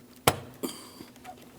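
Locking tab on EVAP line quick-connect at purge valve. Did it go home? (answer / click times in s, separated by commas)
yes / 0.3 s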